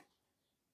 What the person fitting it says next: not sure if you can hear the clicking, but yeah, it's there essentially.